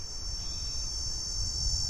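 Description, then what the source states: Cicada whine: a continuous, even, high-pitched buzz holding steady without a break, over a faint low rumble. High-pitched whine in the searing heat of midday in July in southeast Arizona, temperatures above 100 degrees.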